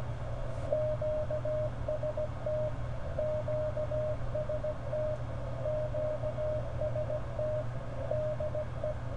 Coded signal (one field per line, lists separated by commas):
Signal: Morse code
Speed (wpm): 16 wpm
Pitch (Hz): 610 Hz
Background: none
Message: QST QST QST DE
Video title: ARRL November 2014 Frequency Measurement Test with SDR